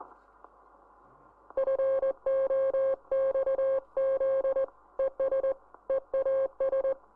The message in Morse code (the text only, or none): FOXZ ES EAS